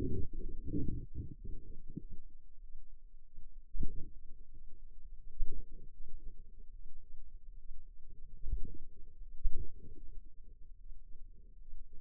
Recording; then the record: forearm muscle sounds (acoustic myography)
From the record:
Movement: finger pinch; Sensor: system 2, bracelet of six BSWA MPA416 microphones around the upper forearm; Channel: 2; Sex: female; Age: 23 years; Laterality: right